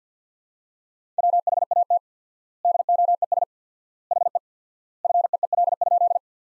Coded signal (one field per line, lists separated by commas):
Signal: Morse code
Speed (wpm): 50 wpm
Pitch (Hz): 700 Hz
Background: none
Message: WHAT DOES HE FEEL?